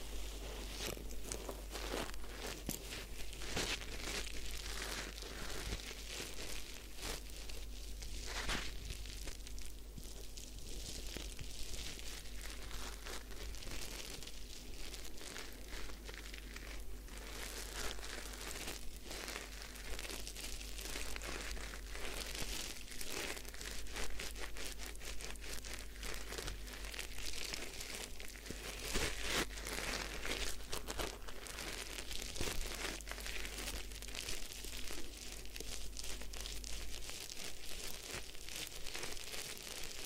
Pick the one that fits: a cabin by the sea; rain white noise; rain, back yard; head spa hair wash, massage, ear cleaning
head spa hair wash, massage, ear cleaning